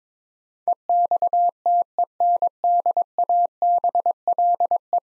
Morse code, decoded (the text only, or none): EXTENDABLE